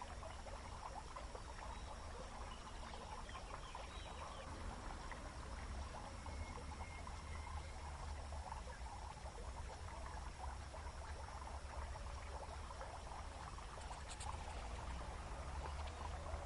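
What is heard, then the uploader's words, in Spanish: Water flows steadily through a garden, a continuous trickling wash with a low rumble underneath. Faint insect tones hold at high pitch throughout, and brief bird calls surface now and then, with a short bright chirp near fourteen seconds. El siguiente paisaje sonoro fue grabado en el jardín de la USBI, Xalapa, se aprecian sonidos de grillos, el fluir del agua y aves del lugar.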